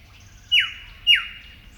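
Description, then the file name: Eastern yellow robin giving two clear downslurred notes, each falling sharply in pitch, spaced roughly half a second apart against faint low background noise. "Eopsaltria Australis"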